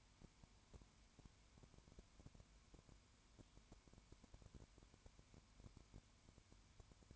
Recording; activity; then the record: daily activity, microphone in the room; no activity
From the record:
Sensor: 2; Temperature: 20.0 degrees Celsius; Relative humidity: 32.1%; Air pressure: 1001.1 hPa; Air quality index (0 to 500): 55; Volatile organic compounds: 1 ppm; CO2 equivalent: 604 ppm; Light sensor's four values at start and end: 2/3/2/2 and 2/3/2/2